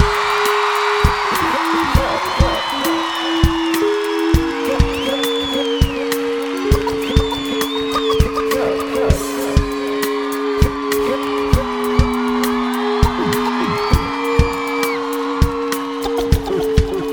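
A crowd claps steadily with scattered high whoops and shouts of cheering, all over a sustained, stepping low musical tone that holds throughout.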